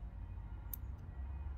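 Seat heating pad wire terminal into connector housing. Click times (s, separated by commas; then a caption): 0.7 s. A heating-pad wire terminal for a Peugeot 308 II seat heater is pushed into the plastic connector housing after being matched to numbered positions 11, 12, 13 and 14. A sharp, brief click sounds at 0.7 s over a low background rumble. A fainter tick follows at about 1.0 s, and the terminal is seated.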